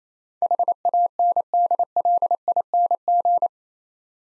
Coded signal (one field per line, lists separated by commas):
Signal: Morse code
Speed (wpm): 29 wpm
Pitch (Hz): 700 Hz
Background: none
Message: HANDLING